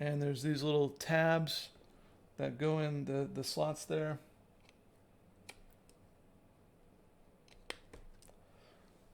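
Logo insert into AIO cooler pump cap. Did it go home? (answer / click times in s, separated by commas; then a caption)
yes / 7.7 s. Someone talks while a plastic logo insert for a Deepcool Castle 240EX White AIO cooler pump cap has its small tabs lined up with the slots in the cap. A few faint ticks follow, then the insert pops in with a sharp click at 7.7 s and is seated.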